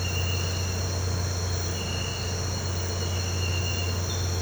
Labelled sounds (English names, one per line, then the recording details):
none
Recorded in pastures near Puerto Asís, Putumayo, Colombia, on 13 March 2025 at 06:00
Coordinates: 0.466, -76.322
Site CSA-02